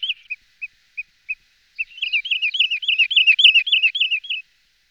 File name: Fr meaux Nature - Chevalier Sylvain Wood Sandpiper